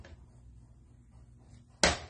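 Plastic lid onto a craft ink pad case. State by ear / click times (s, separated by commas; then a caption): seated / 1.8 s. A plastic lid is pressed back onto a small plastic craft case, likely an ink pad case, after it had come off; it was not broken, just not snapped on. Quiet, faint handling leads up to a sharp, loud snap at 1.8 s as the lid seats, followed by a short fading tail.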